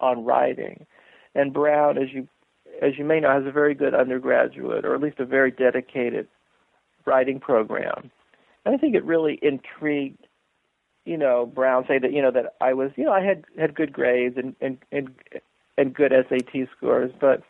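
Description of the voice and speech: Adult male speaking in an interview with stuttering: part-word and word repetitions such as repeated "and" and "as you", with pauses between phrases. He had a very bad stutter as a child, and glimmers of it can still be heard in conversation.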